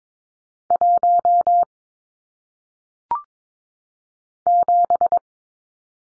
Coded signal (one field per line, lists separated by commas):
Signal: Morse code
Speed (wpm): 22 wpm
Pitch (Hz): 700 Hz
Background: none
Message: 1 7